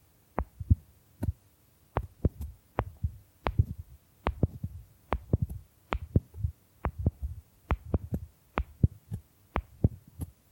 Bamboo Tapping, Scratching and Brushing Sounds